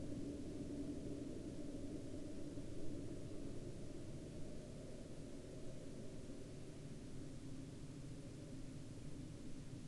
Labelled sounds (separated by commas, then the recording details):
aircraft
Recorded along the Dempster Highway, Canada, on 17 October 2020 at 08:01
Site 17